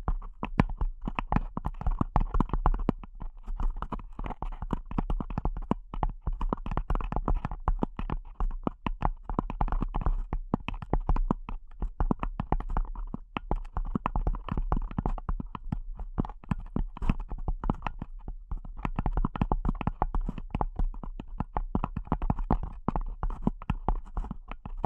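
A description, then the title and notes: Delicate tapping continues without pause, a dense run of light, quick taps falling in rapid, uneven bursts. Each tap is crisp and brief over a soft low rumble. No voice is heard, and the pace and loudness stay much the same throughout. ASMR Delicate Tapping (No Talking).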